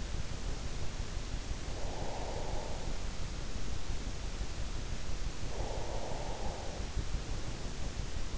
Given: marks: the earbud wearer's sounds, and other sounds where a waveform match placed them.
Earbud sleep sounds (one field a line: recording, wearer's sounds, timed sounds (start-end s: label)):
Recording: sounds in sleep by an in-ear microphone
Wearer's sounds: breath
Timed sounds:
1.54-3.19 s: breath
5.29-6.91 s: breath